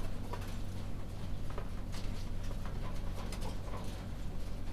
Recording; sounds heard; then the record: poultry house recording; no chicken sound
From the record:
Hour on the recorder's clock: 1